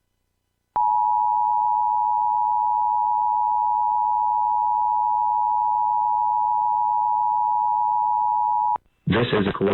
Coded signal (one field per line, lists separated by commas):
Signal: Emergency Alert System (SAME) tones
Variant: 853 and 960 Hz attention tone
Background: speech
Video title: Xfinity Monthly EAS Test - November 2, 2022 | MN (VHS)